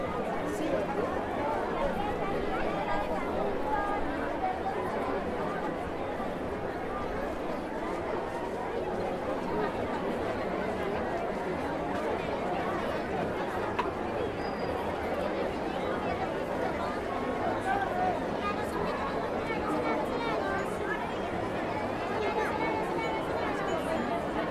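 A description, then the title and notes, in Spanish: A dense crowd at a street festival in Cusco chatters steadily throughout, many overlapping voices, with a constant low murmur. Fiesta Del Santuranticuy Cusco 2018 by Alejandro Cornejo Montibeller.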